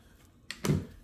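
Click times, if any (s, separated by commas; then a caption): 0.5 s, 0.6 s. A new cloth mop pad is pressed with one hand onto the teeth of a plastic mop head. It snaps into place with a sharp click at 0.5 s and a louder, fuller snap at 0.7 s, and the pad locks on and holds. No one talks.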